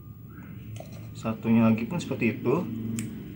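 A second black plastic turn-signal lamp wiring connector is handled as it is about to be pushed into its mating plug, while someone talks over a low background hum. A few faint taps can be heard, but nothing has seated or clicked yet.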